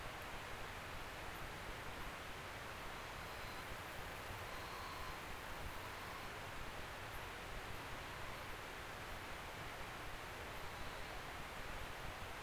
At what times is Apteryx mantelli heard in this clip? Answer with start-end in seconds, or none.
none